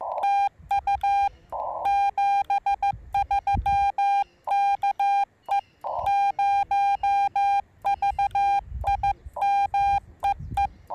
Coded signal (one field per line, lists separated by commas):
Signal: Morse code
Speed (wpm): 15 wpm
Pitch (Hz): 810 Hz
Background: none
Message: TU 73 KE0VIM EE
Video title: Morse Code POTA Activation... In My Underwear?!?